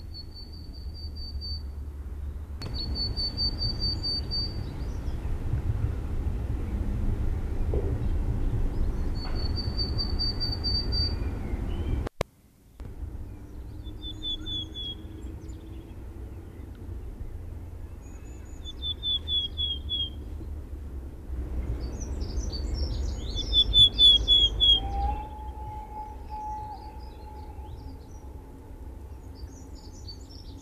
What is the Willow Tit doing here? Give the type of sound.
song